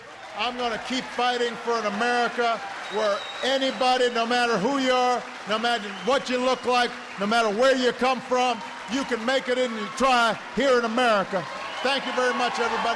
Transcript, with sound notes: I'm going to keep fighting for an America where anybody, no matter who you are, no matter what you look like, no matter where you come from, you can make it if you try here in America. (Applause.) Thank you very much, everybody. God